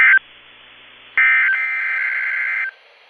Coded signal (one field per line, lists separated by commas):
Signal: Emergency Alert System (SAME) tones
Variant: end-of-message bursts